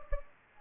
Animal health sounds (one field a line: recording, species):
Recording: mosquito wingbeat signal from an infrared sensor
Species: Anopheles gambiae